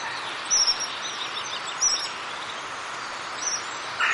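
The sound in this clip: Crested tit giving short, very high, thin trilled notes in a few brief bursts over a steady hiss of background noise.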